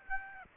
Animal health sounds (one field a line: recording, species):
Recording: mosquito wingbeat signal from an infrared sensor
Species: Aedes aegypti